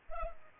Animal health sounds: mosquito wingbeat signal from an infrared sensor; Culex pipiens

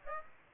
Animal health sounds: mosquito wingbeat signal from an infrared sensor; Aedes aegypti

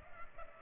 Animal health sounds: mosquito wingbeat signal from an infrared sensor; Culex pipiens

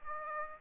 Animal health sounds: mosquito wingbeat signal from an infrared sensor; Aedes aegypti

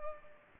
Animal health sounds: mosquito wingbeat signal from an infrared sensor; Culex pipiens

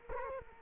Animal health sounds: mosquito wingbeat signal from an infrared sensor; Culex quinquefasciatus

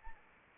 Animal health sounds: mosquito wingbeat signal from an infrared sensor; Anopheles arabiensis

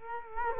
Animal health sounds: mosquito wingbeat signal from an infrared sensor; Culex quinquefasciatus

